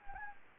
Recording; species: mosquito wingbeat signal from an infrared sensor; Anopheles gambiae